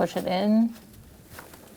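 Someone talks while a wiring harness electrical connector is pushed onto the new plastic vehicle speed sensor of a 2000-2007 Ford Taurus 3.0L V6. The voice fades after about 0.7 s into quiet, faint handling noise. Nothing has seated or clicked yet.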